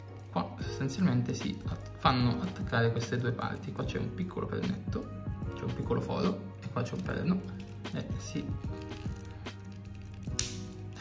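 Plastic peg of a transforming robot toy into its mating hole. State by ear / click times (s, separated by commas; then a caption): seated / 10.4 s. Someone talks over background music while pushing two plastic parts of a transforming robot action figure together, fitting a small plastic peg into its mating hole. At 10.4 s a sharp, clean click sounds as the peg snaps in and the parts lock, fully seated.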